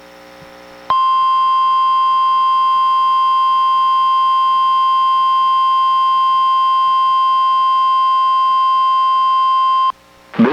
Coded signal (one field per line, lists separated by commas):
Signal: Emergency Alert System (SAME) tones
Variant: 1050 Hz attention tone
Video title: EAS #861: NWR Required Weekly Test- Aug. 23, 2023- 11:25AM PDT